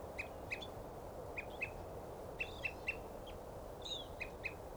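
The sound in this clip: Evening Grosbeak calls: clipped chirps repeated in loose runs of two or three, plus a higher slurred note near the end, over steady background noise.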